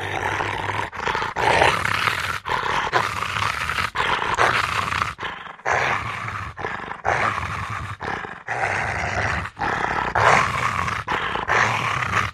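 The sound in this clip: Rottweiler: dog giving harsh, rasping growls and barks in a near-continuous run of bursts, each about a second long, separated by brief pauses.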